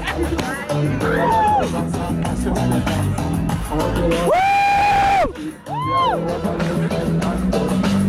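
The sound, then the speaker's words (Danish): A large crowd of about 150 people cheers and shouts throughout at an outdoor concert at Dyrehavsbakken in Klampenborg, north of Copenhagen, with rising and falling whoops and a sustained high yell around the middle, dense babble filling the background at a steady, loud level. “For den koncertoplevelse, som jeg og udvalgte en choice group af 150 tilfældige danskere var til i fredags på Dyrehavsbakken.”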